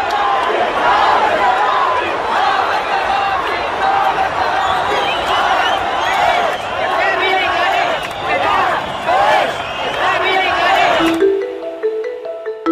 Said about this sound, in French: En octobre 1995, lors d'un meeting de Benjamin Netanyahou, leader de la droite, on entend ces cris de jeunes militants religieux appelant à la mort de Rabin.